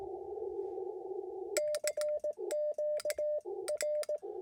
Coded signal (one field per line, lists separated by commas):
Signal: Morse code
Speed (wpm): 18 wpm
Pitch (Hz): 600 Hz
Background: none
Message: CQR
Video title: POTA @ Las Cienegas National Conservation Area — A Quick Activation